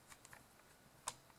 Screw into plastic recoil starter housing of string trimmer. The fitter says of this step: I'll turn it counterclockwise till it clicks